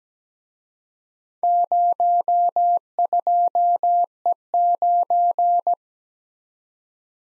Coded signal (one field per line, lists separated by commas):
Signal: Morse code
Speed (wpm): 20 wpm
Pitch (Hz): 700 Hz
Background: none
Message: 02E9